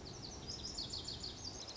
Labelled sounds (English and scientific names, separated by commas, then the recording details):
Lazuli Bunting (Passerina amoena)
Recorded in Sonoma County, California